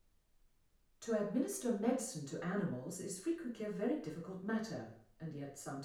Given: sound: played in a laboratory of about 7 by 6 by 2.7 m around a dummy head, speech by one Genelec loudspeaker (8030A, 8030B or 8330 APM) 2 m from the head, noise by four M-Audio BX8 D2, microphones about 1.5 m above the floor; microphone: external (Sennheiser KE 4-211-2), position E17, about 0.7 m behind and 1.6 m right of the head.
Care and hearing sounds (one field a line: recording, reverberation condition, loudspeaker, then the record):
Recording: female speech in English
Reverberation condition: medium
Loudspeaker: 30 degrees to the left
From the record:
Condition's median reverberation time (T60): about 510 ms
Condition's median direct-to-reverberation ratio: about -0.5 dB